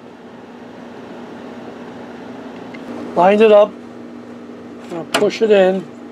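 A refilled plastic Canon 1200/2200 ink cartridge, sealed with aluminum tape, is being lined up and pushed into the printer's carriage slot while someone talks over a steady low hum. Nothing has seated or clicked yet; the clip ends before the cartridge latches home.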